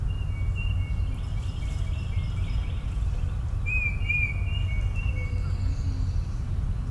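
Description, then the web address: Bird chorus: birds singing together, brief whistles and chirps overlapping, with a constant low rumble underneath. Morning chorus in a suburban park. "Suburban park morning bird chorus. boom library Urban and Suburban"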